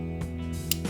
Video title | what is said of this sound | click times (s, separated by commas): NEW Leatherman FREE P4 vs the Wave! Is this the BEST multi-tool available? | not locks in but it clicks in right there at the very end | 0.7 s